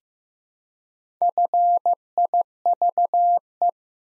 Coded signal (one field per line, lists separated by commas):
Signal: Morse code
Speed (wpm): 15 wpm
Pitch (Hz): 700 Hz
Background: none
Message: FIVE